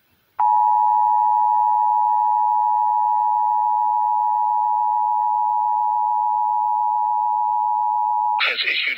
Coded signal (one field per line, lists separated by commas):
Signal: Emergency Alert System (SAME) tones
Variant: 853 and 960 Hz attention tone